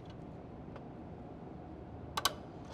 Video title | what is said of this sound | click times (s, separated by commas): How to change brakes on a 18 Wheeler/How to change brakes on a semi/ Changing brakes on a semi truck | Pop it in there. You can hear it pop. | 2.2 s, 2.3 s